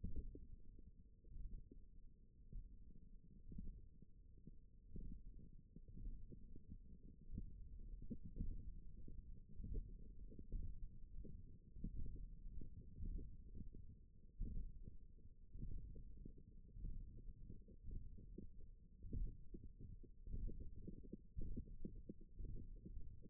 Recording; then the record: forearm muscle sounds (acoustic myography)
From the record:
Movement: index flexion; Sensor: system 1, eight BSWA MPA416 microphones around the upper forearm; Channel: 7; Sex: male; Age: 21 years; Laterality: right